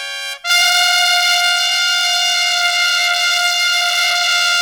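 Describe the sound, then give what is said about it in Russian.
Guards blow long, thin trumpets at the sight of the king, a shrill, piercing sustained blast, with a brief first note then a long unbroken loud tone rich in bright harmonics, like a car horn. No voices. “Стражники так сильно дули в свои трубы”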